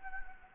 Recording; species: mosquito wingbeat signal from an infrared sensor; Anopheles gambiae